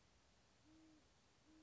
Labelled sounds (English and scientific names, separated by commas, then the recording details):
Great Horned Owl (Bubo virginianus)
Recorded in Sonoma County, California